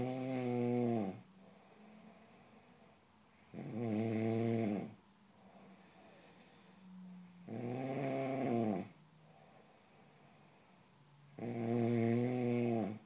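Loud, buzzing snores at about 15 per minute, each lasting over a second, with quiet gaps between.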